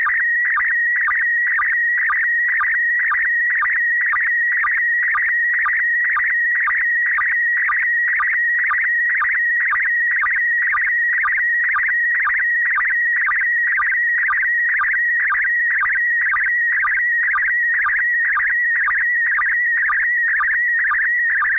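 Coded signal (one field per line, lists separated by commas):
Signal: SSTV (slow-scan television)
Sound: continuous warbling tone around 2 kHz with short low sync chirps about twice a second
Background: faint radio static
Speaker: I've left the entire transmission in this video with no audio edited or spoken over so if you want to you can replay that transmission and decode it yourself using an application like mm SS T V yourself now this is the picture this is the first picture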